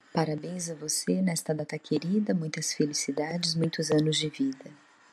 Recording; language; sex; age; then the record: short text; Brazilian Portuguese; female; 30 to 39 years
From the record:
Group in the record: control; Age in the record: 37 years